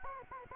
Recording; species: mosquito wingbeat signal from an infrared sensor; Anopheles arabiensis